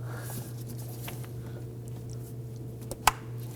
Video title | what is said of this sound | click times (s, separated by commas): How to Replace Valve Cover 2008-2011 Ford Focus | And there it is. You're going to feel and hear it lock on. | 3.1 s